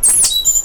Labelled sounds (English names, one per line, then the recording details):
Stitchbird song
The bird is a male
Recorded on Tiritiri Matangi Island, New Zealand, in 2005
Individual 1, of nest box 1